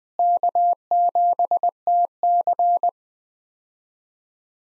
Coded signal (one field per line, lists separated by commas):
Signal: Morse code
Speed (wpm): 20 wpm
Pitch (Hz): 700 Hz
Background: none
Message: K7TC